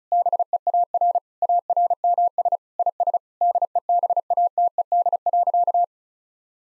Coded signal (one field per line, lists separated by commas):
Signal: Morse code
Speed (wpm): 36 wpm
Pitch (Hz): 700 Hz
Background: none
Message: BEAR ARMS IS DEBATED.